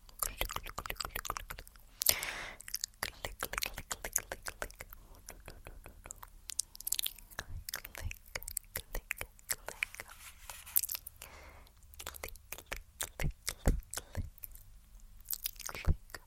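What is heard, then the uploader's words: Fingers touch and rub against a face, making dense, irregular crackling and soft squishing sounds. Sharp clicks and scratchy bursts come every fraction of a second across the full sixteen seconds, with brighter rubbing swells near 2, 7 and 16 seconds over a faint low hum. Face Touching.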